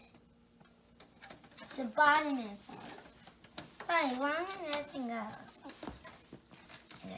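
The plastic front face panel of a PC case is handled and fitted bottom edge first, with a few faint knocks and taps of handling heard among the sounds. Someone talks throughout. The panel has not clicked or seated onto the case yet.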